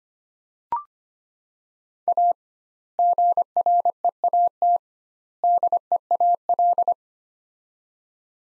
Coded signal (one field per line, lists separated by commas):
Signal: Morse code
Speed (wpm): 25 wpm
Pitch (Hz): 700 Hz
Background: none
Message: A GREAT DEAL